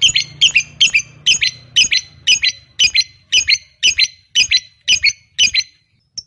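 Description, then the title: Lovebird calling with sharp, shrill paired chirps, repeated about twice a second in an even rhythm, with a faint low hum early on. Fighter-type lovebird giving a long ngekek. "Begitu Dengar Suara Lovebird FIGHTER NGEKEK PANJANG"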